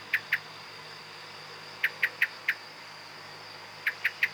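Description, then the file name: Common blackbird calling with hard, metallic chink notes in short groups of two, four and three, against a faint steady hiss. "Turdus merula"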